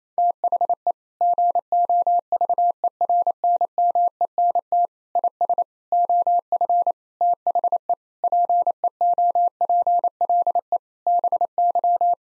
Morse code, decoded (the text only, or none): THE GOVERNMENT IS OF THE PEOPLE BY